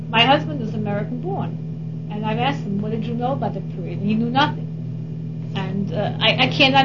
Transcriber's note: none